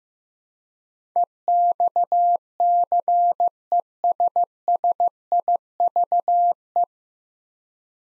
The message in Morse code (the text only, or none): EXCESSIVE